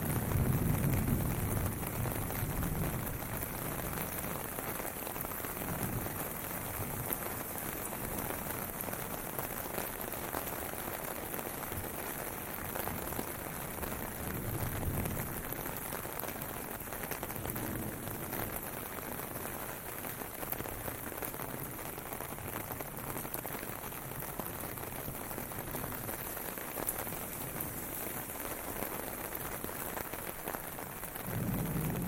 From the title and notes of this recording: WALKING IN THE RAIN TOKYO JAPAN. Soothing and relaxing ambient sounds from walking in the streets of Tokyo, Japan.